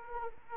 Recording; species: mosquito wingbeat signal from an infrared sensor; Anopheles arabiensis